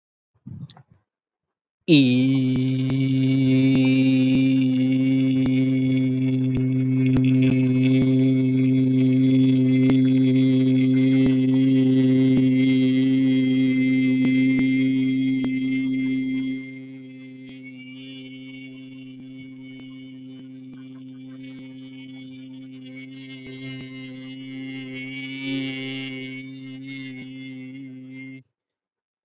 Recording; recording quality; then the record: sustained vowel as in beet; excellent, no background noise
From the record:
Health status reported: COVID-19 positive, mild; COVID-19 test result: positive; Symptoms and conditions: cold, fatigue, loss of smell and taste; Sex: male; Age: 34 years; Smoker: yes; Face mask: not worn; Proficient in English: yes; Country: India